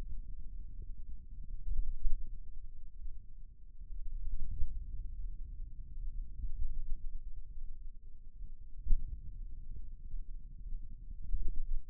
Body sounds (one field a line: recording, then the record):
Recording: forearm muscle sounds (acoustic myography)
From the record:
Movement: hand opening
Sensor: system 2, bracelet of six BSWA MPA416 microphones around the upper forearm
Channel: 3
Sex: male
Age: 22 years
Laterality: right